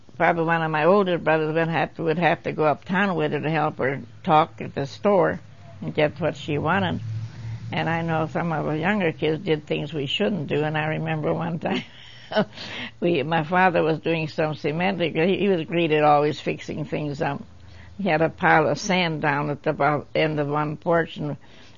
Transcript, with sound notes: probably one of my older brothers then had too, would have too- to go uptown with her to help her talk at the store and get what she wanted. And I know some of the younger kids did things we shouldn't do and I remember one time (laughs) we-my father was doing some cementing, he was great at always fixing things up, he had a pile of sand down at the bottom-end of one portion.